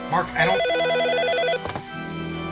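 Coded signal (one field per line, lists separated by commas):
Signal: none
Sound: game phone ringing beeps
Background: speech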